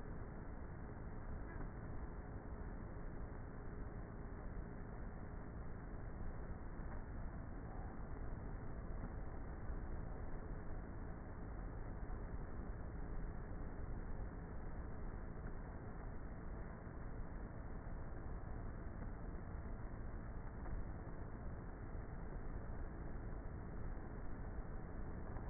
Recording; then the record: honeybee colony, microphone inside the hive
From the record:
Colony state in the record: queenless with a low population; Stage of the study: before two queens were removed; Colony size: about 30,000 bees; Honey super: no